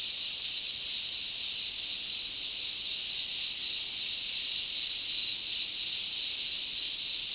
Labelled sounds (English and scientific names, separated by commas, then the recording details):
none
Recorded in dense forest near Puerto Asís, Putumayo, Colombia, on 21 February 2024 at 09:30
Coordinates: 0.499, -76.324
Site G6469